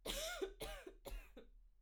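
An adult coughing, with four cough bursts in quick succession.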